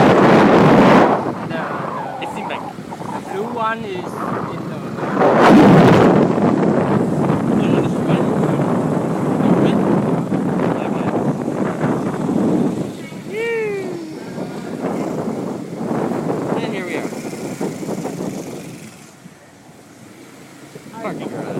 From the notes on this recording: zooming through a bunch of back alleys in Da Nang